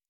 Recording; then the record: hydrophone in a shrimp aquaculture tank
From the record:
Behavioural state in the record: normal